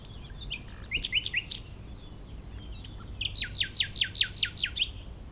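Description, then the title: Common nightingale song with short chirps, then about eight loud, evenly spaced, downslurred whistled notes repeated rapidly, against a soft windy background. Wild bird in Chindrieux, France, during peak nightingale season on a sunny day; hidden in scrub; westerly wind; recorder on ground in grass tussocks, tens of metres away, in a small sheltered valley. "Chindrieux, France - Rossignol"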